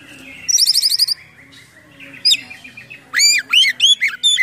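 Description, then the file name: Oriental magpie-robin singing: a fast high trill, a sharp whistle, then a series of bright looping whistled notes repeated in quick succession. Full, lively song packed with imitations of other birds, a style called gacor full isian. "KACER GACOR FULL ISIAN MEWAH"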